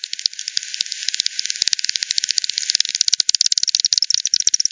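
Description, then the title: Bats clicking in fast, irregular ticking trains, the pulses growing louder and more evenly spaced toward the end of the stretch. Multiple bats at Hogsmill River, Hogsmill Lane, 7 October 2020 at 18:10 Z; recorded with frequency division (FD 10), bandpass filtered and resampled. "bat 20201007 T 18 : 10 Z-Hogsmill-Lane-Hogsmill-River-multiple-bats-FD 10"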